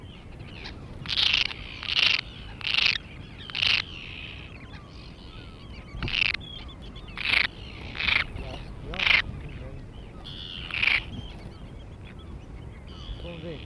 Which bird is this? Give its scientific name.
Sterna paradisaea